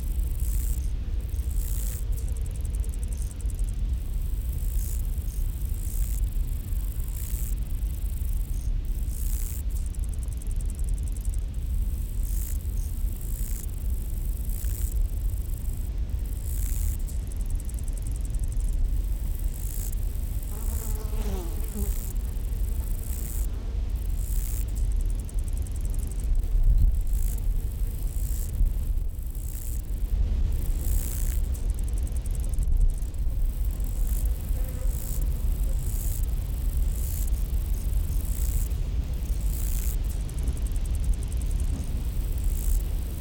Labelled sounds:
Lesser Marsh Grasshopper (Chorthippus albomarginatus) stridulation
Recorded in the wild
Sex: male
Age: imago
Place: Botanische Anlage Blankenfelde, Berlin, DE
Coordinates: 52.603, 13.4
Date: 1993-08-26 13:46
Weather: 16°C, heiter
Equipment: Marantz CP 430, Sennheiser ME 80, Kopie Uher Variocord 263
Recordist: Tembrock, Günter

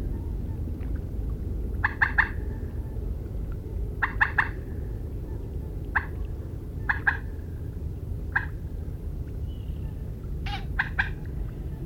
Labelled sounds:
Common Moorhen (Gallinula chloropus) call
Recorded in the wild
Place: Retgendorf, Mecklenburg-Vorpommern, DE
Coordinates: 53.729, 11.504
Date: 1972-06-17 21:00
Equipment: Nagra III BH, Sennheiser MD 21, parabola
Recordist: Schubert, Michael
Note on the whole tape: diverse Rufe Teichhuhn, das sog. "Dacken"

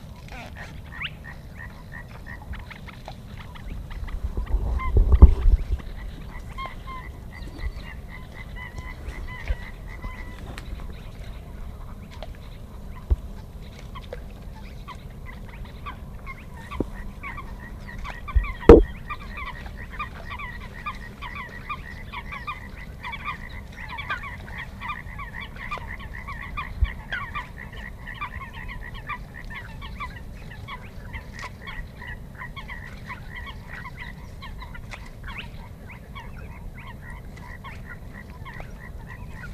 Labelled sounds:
Spotted Crake (Porzana porzana)
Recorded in the wild
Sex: male
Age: adult
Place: Schwedt/Oder, Nationalpark Unteres Odertal, Brandenburg, DE
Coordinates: 53.1265, 14.3564
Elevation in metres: 1
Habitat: wetland
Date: 2015-04-23
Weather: clear, 4°C, almost windless
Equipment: Sound Devices 702, Sennheiser MKH 70, Rycote Windschutz
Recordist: Frommolt, Karl-Heinz

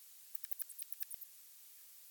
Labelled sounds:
Hazel Dormouse (Muscardinus avellanarius) call
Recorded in the wild
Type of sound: call
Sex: pair
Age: adult
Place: Jena, Thüringen, DE
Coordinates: 50.9178, 11.5264
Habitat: Nestbox
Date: 2024-05-13 17:33
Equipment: audiomoth
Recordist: Nüske, Jörg
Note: Schwarzer Graben (unten): Kontaktaufnahme

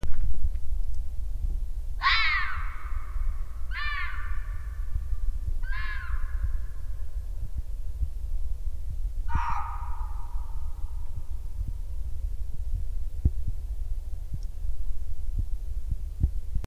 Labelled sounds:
Red Fox (Vulpes vulpes) barking
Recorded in the wild
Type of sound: barking
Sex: pair
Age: adult
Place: Siedlung Rotes Luch, Märkische Schweiz, Brandenburg, DE
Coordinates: 52.52, 14.0067
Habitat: Wald
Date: 2008-12-28 18:11
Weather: sternenklar, -4°C, leichter Wind (Ost), 2 cm Schnee
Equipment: Sony TCD-D3, Sennheiser ME 80, K 30 AV
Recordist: Gnensch, Andreas
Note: Wahrscheinlich Paar (Ranzzeit): Bellen zweier Tiere in ca. 100 m Entfernung (noch bei Ortswechsel des Beobachters)

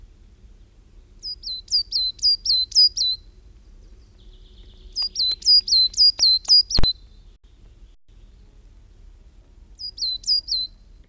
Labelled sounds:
Coal Tit (Periparus ater) song
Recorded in the wild
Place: Schaabe, Insel Rügen, Mecklenburg-Vorpommern, DE
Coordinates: 54.57, 13.45
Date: 1969-04-29
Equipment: NAGRA III BH, Sennheiser MD421, Alu-Reflektor
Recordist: Schubert, Michael

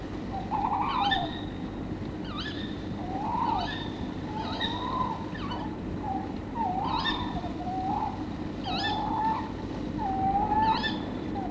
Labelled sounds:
Tawny Owl (Strix aluco) call
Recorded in the wild
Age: adult
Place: Meisendorf, Niedersachsen, DE
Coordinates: 52.7207, 9.8258
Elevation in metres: 35
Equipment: Halbspur, 9,5 cm/s
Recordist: Lütgens, Hans

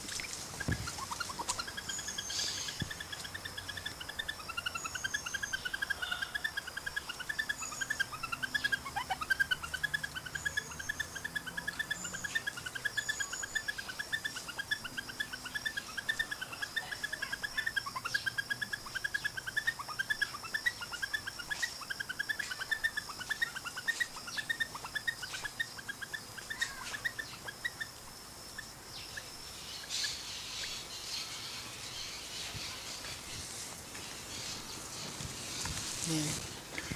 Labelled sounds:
Grey Peacock-Pheasant (Polyplectron bicalcaratum) call
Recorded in captivity
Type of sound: call sequence
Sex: male
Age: adult
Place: Zoo Halle, Sachsen-Anhalt, DE
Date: 2003-10-19 15:00
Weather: heiter, ca. 3-4°C
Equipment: Fair Mate ST-1328 (Asahi Electronics, Japan), Sennheiser ME 80, Kopie Uher 4000 Report Monitor
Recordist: Tembrock, Günter
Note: Männchen: Lautfolge (stehend mit gespreiztem Gefieder)

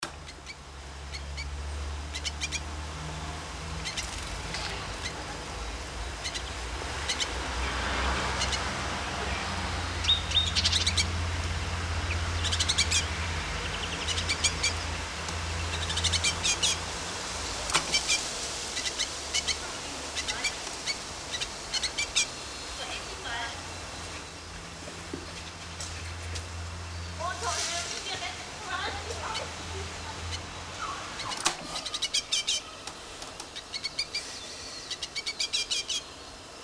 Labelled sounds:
Great Tit (Parus major) song
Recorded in the wild
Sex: pair
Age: adult
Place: Kaiserslautern, Rheinland-Pfalz, DE
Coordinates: 49.4372, 7.80972
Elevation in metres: 310
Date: 1985-04-07
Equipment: Uher 4000 Report
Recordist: Tretzel, Erwin

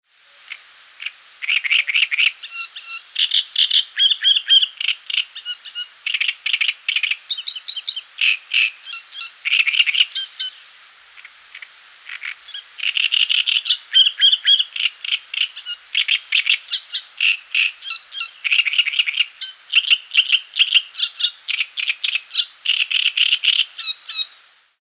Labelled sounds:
Great Reed Warbler (Acrocephalus arundinaceus)
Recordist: Tembrock, Günter
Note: Gesang

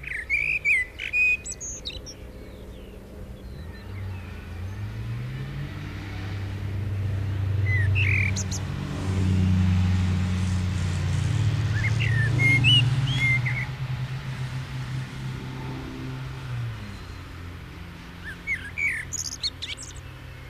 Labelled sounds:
Common Blackbird (Turdus merula) song
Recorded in the wild
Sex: male
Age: adult
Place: Lörrach, Baden-Württemberg, DE
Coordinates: 47.6164, 7.67083
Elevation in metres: 306
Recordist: Tretzel, Erwin

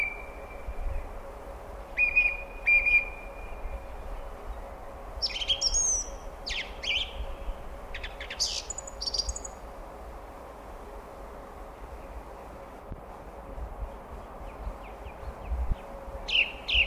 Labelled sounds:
Song Thrush (Turdus philomelos) song
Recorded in the wild
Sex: male
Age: adult
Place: Ehrwald, Wettersteingebirge, Tirol, AT
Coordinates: 47.4275, 10.9428
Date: 1962-04-22
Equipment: Stellavox SM 5, AKG D19-200, Vorverstärker, Original, Vollspur
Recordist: Tretzel, Erwin
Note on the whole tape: Ehrwald, bei der Zugspitztalstation: Männchen: Gesang (mit Motiv "Doktor klüik"). Ostern 1962

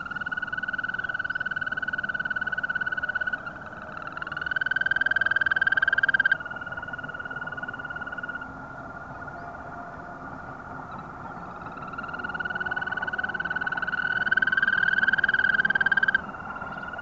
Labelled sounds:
Green Toad (Bufo viridis)
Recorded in the wild
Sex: male
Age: adult
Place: Falkenberger Rieselfelder, Barnim, Berlin, DE
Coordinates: 52.5814, 13.5508
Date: 1995-05-01 21:55
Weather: Lufttemperatur 4°C
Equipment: Sony TCD-D3, Sennheiser ME 80, K 30 AV (III), Windschutz
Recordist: Frommolt, Karl-Heinz

